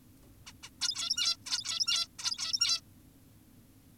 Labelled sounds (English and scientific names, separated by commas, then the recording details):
Zebra Finch (Taeniopygia guttata)
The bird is an adult
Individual g17y2U